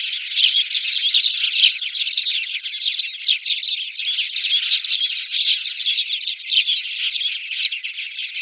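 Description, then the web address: Spanish sparrow flock chattering, a steady wall of overlapping scratchy chirps that keeps going throughout. "Schulze Peter Spanish Sparrow calls"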